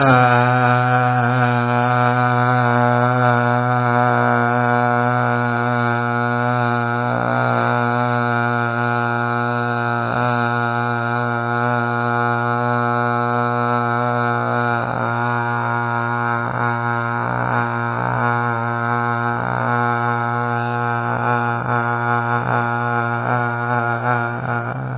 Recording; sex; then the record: sustained vowel /a/; male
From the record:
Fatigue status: fatigue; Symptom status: symptomatic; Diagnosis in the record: COVID-19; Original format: 3gp